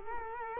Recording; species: mosquito wingbeat signal from an infrared sensor; Culex quinquefasciatus